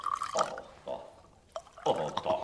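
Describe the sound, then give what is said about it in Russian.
Liquid is poured into goblets by a prince in several short bursts, a bright splashing trickle with a rising ringing tone, separated by brief pauses. “Ну что вы, князь, налейте бокалы сами.”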